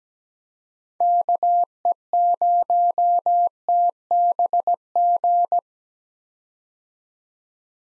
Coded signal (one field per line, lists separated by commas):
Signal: Morse code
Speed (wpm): 17 wpm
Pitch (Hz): 700 Hz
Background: none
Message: KE0TBG